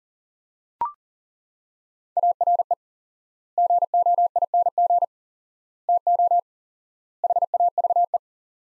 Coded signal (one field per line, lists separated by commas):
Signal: Morse code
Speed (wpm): 40 wpm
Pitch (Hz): 700 Hz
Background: none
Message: ARE GOING TO HAVE